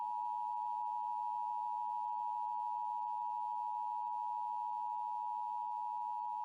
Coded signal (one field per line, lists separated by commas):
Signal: Emergency Alert System (SAME) tones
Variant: 853 and 960 Hz attention tone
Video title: EAS Required Monthly Test Connecticut Statewide Test WTIC-FM Hartford, CT +WeatherSTAR4000